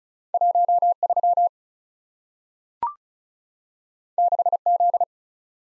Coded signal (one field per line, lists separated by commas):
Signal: Morse code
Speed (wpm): 36 wpm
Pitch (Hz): 700 Hz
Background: none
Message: 13 6Z